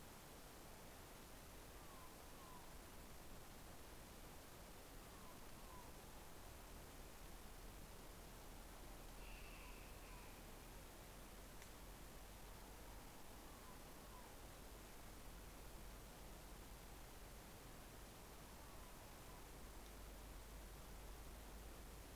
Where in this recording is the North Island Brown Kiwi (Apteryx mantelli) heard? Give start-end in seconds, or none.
none